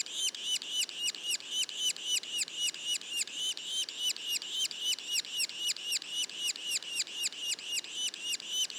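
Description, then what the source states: Yellow-bellied sapsucker juvenile calls: evenly spaced, harsh, curved notes in a fast, regular series of nearly four per second. Juveniles; Mont-Orford National Park, Quebec.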